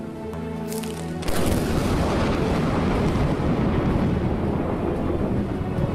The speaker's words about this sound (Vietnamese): Tiếng sấm nổ như tiếng bom phát ra phía sau sân vườn.